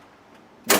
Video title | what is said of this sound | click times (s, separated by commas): Pace Edwards JackRabbit Retractable Hard Tonneau Cover Review - 2024 Chevrolet Silverado 2500 | the multiple locking points so as we pull this out you'll hear some clicks locking it at certain intervals | 0.7 s